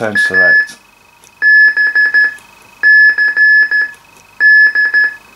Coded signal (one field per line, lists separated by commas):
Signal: Morse code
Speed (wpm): 13 wpm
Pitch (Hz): 1700 Hz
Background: speech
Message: ABCD